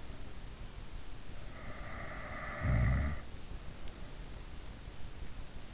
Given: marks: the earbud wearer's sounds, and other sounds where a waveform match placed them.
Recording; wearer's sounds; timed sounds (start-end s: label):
sounds in sleep by an in-ear microphone; snoring breath
1.71-3.28 s: snoring breath